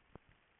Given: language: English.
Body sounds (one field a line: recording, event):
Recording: throat vibration sensor signal played as sound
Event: swallow